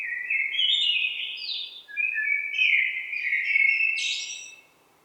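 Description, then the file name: Common blackbird song in two connected phrases, low melodious whistles rising into thin, high squeaky flourishes. "Turdus merula"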